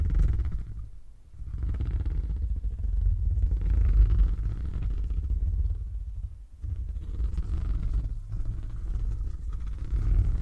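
Deep, rumbling purring runs almost continuously, a dense low vibration with a faint airy hiss above it. It breaks off twice, briefly, at about one second and again near six and a half seconds, then resumes at the same steady level.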